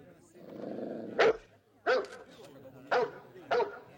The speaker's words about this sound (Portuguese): O cachorro está na janela. Ah, Ruth, desce daí.